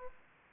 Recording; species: mosquito wingbeat signal from an infrared sensor; Aedes aegypti